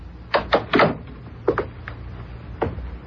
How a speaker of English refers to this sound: Only now their fall peddling trip has been delayed, and it is a very worried husband who knocks on a bedroom door.